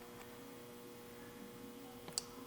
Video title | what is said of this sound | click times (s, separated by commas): How To Build A Rotary Engine | oh yeah there little click I heard a click yeah so that spring is all intact sweet | 2.2 s